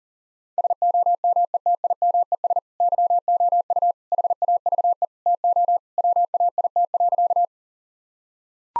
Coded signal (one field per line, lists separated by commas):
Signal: Morse code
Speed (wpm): 40 wpm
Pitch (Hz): 700 Hz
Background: none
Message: SOMETIMES YOU HAVE TO WAIT.